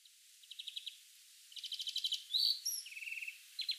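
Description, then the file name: European greenfinch calls: short runs of rapid, even twittering notes, then a brief louder sliding note and more quick trills. "Chloris chloris"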